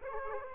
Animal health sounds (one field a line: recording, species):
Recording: mosquito wingbeat signal from an infrared sensor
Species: Aedes aegypti